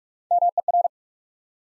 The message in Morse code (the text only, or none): MER